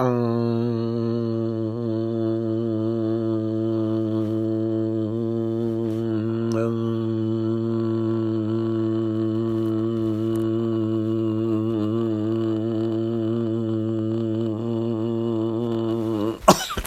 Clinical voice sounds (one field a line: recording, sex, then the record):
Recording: sustained vowel /a/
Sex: male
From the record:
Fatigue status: fatigue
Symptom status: symptomatic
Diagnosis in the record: COVID-19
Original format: m4a